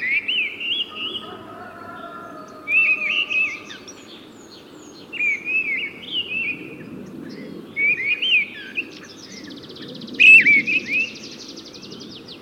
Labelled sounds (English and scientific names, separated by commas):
Mistle Thrush (Turdus viscivorus) song